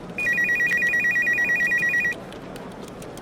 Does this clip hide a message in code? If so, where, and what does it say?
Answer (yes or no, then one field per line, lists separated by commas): no